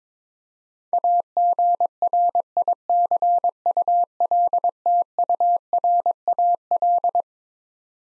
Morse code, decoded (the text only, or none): AGRICULTURAL